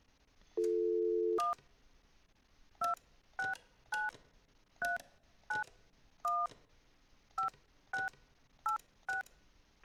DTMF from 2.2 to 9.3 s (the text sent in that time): 2693915686